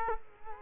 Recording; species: mosquito wingbeat signal from an infrared sensor; Culex quinquefasciatus